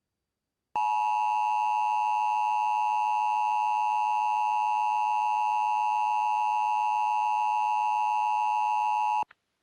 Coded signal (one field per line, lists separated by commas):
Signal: Emergency Alert System (SAME) tones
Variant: 853 and 960 Hz attention tone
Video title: (Real EAS #14) Winter Storm Warning